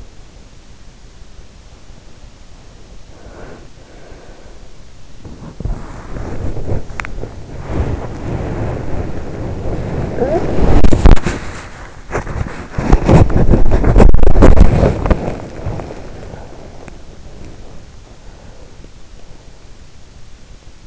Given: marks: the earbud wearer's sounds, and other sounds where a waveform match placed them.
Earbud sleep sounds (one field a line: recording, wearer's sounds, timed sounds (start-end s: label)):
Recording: sounds in sleep by an in-ear microphone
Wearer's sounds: body movement, breath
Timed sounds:
0.00-20.87 s: body movement
3.19-5.03 s: breath
18.02-20.25 s: sound from someone else or the room